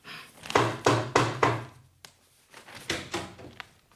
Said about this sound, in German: Warum sagen Sie nicht herein, wenn ich klopf? Weil wir noch nicht empfangen. Wenn's klopft, sagt man herein.